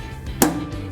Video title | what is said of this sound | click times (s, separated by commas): Pit Boss Install WiFi Smoke IT Controller | and this is the same as the other one you just start popping it in and you'll hear it snap and catch | 0.4 s